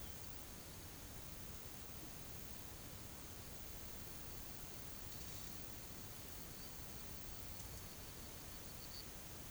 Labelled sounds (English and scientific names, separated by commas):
none